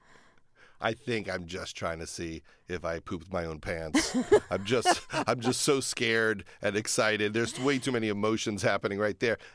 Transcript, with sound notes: I think I'm just trying to see if I pooped my own pants.
(Laughter).
I'm just so scared and excited. There's way too many emotions happening right there.